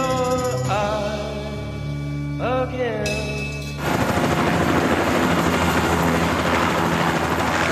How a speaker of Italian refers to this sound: Nell'aprile 1975, un elicottero Bell 205 ha i motori accesi mentre carica alcuni impiegati della CIA sul tetto dei Pittman Apartments.